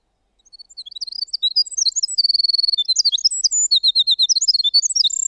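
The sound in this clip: Winter wren singing a rapid, bubbling jumble of very high notes and rattled trills, starting softly and continuing as an unbroken run.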